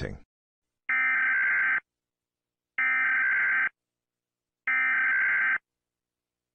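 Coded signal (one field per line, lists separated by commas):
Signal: Emergency Alert System (SAME) tones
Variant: header bursts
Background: speech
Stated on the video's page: Fictional emergency alert for a made-up disease tied to SCP-5846.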